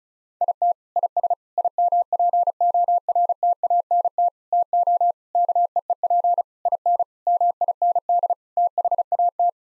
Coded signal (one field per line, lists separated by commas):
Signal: Morse code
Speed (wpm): 34 wpm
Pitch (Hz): 700 Hz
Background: none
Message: IT IS IMPORTANT TO KEEP IN MIND THAT